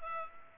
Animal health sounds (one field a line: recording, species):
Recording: mosquito wingbeat signal from an infrared sensor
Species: Culex pipiens